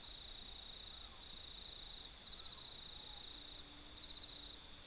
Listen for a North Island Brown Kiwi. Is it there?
no